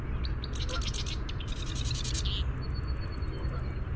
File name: MAWR song